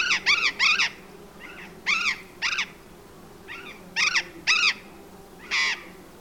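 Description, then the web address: Burrowing parrot harsh screeching calls, single or in quick groups of two or three, repeated irregularly with fainter calls between. "parrots cyanoliseus-patagonus"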